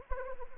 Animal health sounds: mosquito wingbeat signal from an infrared sensor; Anopheles arabiensis

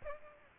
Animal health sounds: mosquito wingbeat signal from an infrared sensor; Aedes aegypti

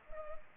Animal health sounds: mosquito wingbeat signal from an infrared sensor; Culex pipiens

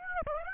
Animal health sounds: mosquito wingbeat signal from an infrared sensor; Aedes aegypti

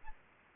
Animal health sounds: mosquito wingbeat signal from an infrared sensor; Aedes albopictus

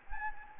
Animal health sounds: mosquito wingbeat signal from an infrared sensor; Anopheles gambiae

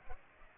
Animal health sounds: mosquito wingbeat signal from an infrared sensor; Culex pipiens

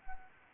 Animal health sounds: mosquito wingbeat signal from an infrared sensor; Anopheles arabiensis

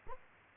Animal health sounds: mosquito wingbeat signal from an infrared sensor; Culex quinquefasciatus

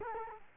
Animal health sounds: mosquito wingbeat signal from an infrared sensor; Culex quinquefasciatus

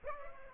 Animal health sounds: mosquito wingbeat signal from an infrared sensor; Aedes aegypti

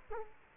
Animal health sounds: mosquito wingbeat signal from an infrared sensor; Culex quinquefasciatus

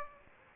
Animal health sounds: mosquito wingbeat signal from an infrared sensor; Aedes aegypti

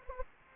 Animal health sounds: mosquito wingbeat signal from an infrared sensor; Anopheles gambiae

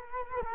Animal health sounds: mosquito wingbeat signal from an infrared sensor; Culex quinquefasciatus

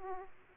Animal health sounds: mosquito wingbeat signal from an infrared sensor; Aedes aegypti

